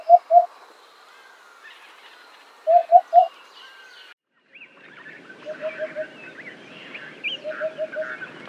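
Eurasian hoopoe giving a pair then a triplet of hollow hooting notes, followed by a noisier stretch with fainter repeated notes and background bird twittering.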